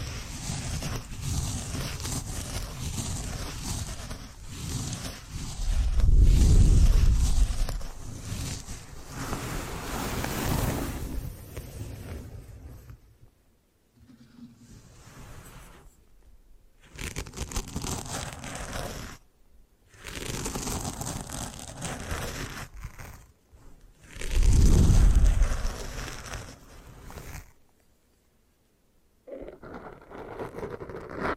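Hair washing and massage sounds: dense, scratchy rubbing and swishing fills most of the clip, with deep, heavy swells around 6 and 25 seconds. The texture breaks off in several brief silences near 13, 16, 19 and 28 seconds before resuming.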